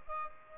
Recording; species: mosquito wingbeat signal from an infrared sensor; Aedes albopictus